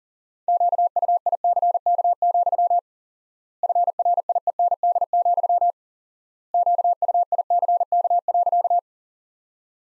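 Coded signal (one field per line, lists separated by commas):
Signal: Morse code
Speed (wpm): 40 wpm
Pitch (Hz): 700 Hz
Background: none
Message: QUICK, FRIEND, QUICK.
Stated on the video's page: Sentence practice from the top 500 words at 40 wpm with 4x standard word spacing, a word-based analogue of Farnsworth.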